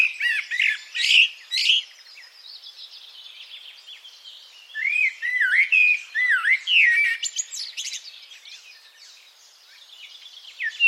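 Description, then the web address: Bird song with bright chirps at first, then a run of swooping whistled notes in the middle, and quieter twitters toward the end. "Deverinetal. Bird Only"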